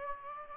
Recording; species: mosquito wingbeat signal from an infrared sensor; Aedes aegypti